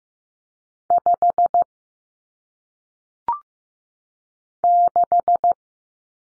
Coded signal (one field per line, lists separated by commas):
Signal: Morse code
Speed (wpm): 15 wpm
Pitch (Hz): 700 Hz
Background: none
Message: 5 6